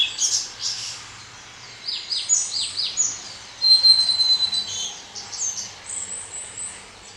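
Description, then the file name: Blue-and-white flycatcher song, high clear whistled phrases with quick down-slurred notes and one long steady whistle midway. Recorded on 9 May 2020. "20200509 ooruri"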